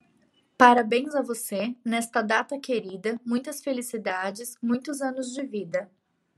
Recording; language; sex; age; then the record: short text; Brazilian Portuguese; female; 30 to 39 years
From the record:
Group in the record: control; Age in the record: 30 years